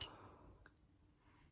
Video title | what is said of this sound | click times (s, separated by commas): Wm Block mini figures-Lego compatible | and overall the arms are pretty easy that was a nice snap so this one does move a lot better than | 0.0 s